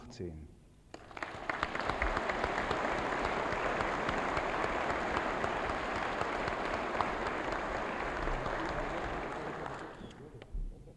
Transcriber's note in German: Applaus